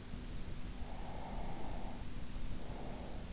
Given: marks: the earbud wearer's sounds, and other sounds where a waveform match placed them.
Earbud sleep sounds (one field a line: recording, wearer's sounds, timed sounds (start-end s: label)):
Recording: sounds in sleep by an in-ear microphone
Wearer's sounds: breath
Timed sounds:
1.15-3.29 s: breath